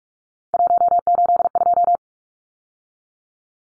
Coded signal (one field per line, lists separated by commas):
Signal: Morse code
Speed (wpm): 44 wpm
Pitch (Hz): 700 Hz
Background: none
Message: 182